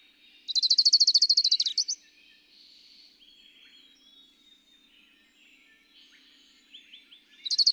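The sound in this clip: Bird song: a quick, high trill of repeated notes ending in a brief flourish, followed by soft scattered chirps, then another trill beginning.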